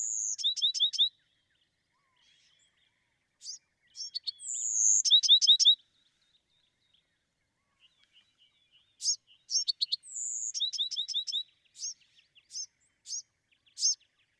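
Bewick's wren song, short phrases of quick chips, a thin whistle and a fast trill, repeated three times with pauses and scattered single high notes.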